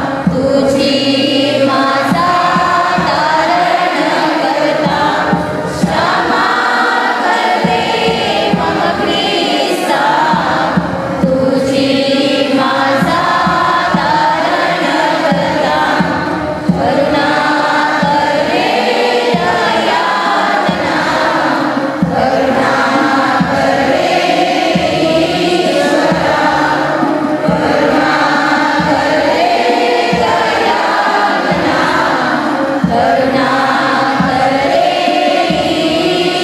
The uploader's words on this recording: Church Singing. Madh Island, a small fishing village on the outskirts of Mumbai. These recordings are from a Roman Catholic service here for the Nativity of Mary, a nine day celebration. The singing is in Marathi language.